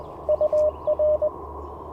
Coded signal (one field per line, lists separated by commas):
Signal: Morse code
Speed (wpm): 23 wpm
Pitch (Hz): 610 Hz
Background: none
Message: UR